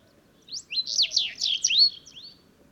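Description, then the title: Sahara bunting song: a quick, slightly scratchy phrase of rising and falling whistled notes lasting nearly two seconds. Several birds singing unseen among heaps of stones in old town ruins at sunrise, Wadan, Mauritania, 23 February 2019. "Bruant du Sahara - Mauritanie"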